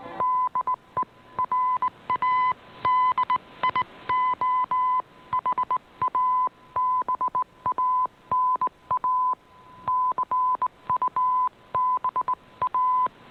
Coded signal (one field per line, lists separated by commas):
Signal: Morse code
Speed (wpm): 19 wpm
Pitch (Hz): 1010 Hz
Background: none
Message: DE RADIOHABANA CUBA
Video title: Radio Havana Cuba DXers Unlimited Jan 3 2017 on 15140Khz Shortwave